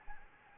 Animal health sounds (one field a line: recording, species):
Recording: mosquito wingbeat signal from an infrared sensor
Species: Anopheles arabiensis